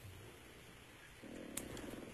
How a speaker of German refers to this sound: Hast du da eine Katze bei dir liegen oder einen Hund? Ich habe 2 Boxer neben mir. Ich höre da im Hintergrund sowas knurren und schnurren. Nein, das sind meine Boxer.